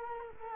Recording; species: mosquito wingbeat signal from an infrared sensor; Culex quinquefasciatus